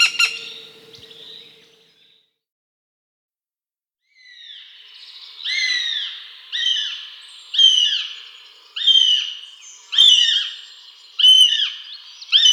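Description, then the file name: Northern goshawk: faint, short sounds at the start, then a series of about seven drawn-out, arched wailing calls repeated roughly every 1.2 seconds. "Habicht"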